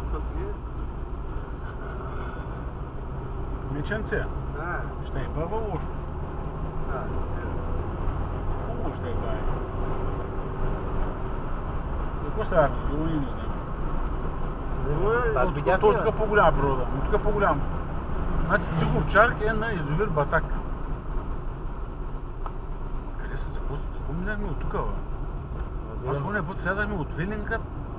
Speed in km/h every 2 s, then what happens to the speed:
35, 38, 44, 51, 58, 60, 53, 57, 59, 53, 34, 29, 30, 37.
0-10 speeds up to 60. 10-12 brakes to 53. 12-17 steady at about 57. 17-21 brakes to 29. 24-28 speeds up to 37.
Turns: 25-28.